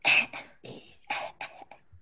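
Distant cough from someone out on the street, heard from inside a room.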